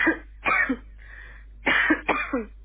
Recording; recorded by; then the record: voluntary cough; telephone call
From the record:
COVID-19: positive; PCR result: self-reported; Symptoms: yes